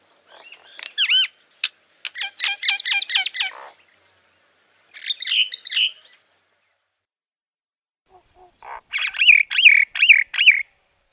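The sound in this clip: Common myna giving quick repeated whistled slurs, a burst of harsh chatter, then a rapid series of grating, squeaky notes.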